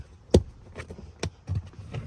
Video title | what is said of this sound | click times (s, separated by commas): LASFIT Custom Floor Mat Liners BMW X3 G01 | and that's it there it's locked in it ain't coming out that that | 0.3 s